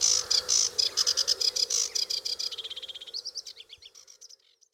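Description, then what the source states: Sedge warbler song, a harsh chattering racket of buzzy repeated notes that speeds into a fast rattle, then breaks into varied squeaky phrases before fading. Song described as an awful racket of rattly, scrapey sounds with no rhythm, unlike the reed warbler's; called the Pavarotti of the bird world.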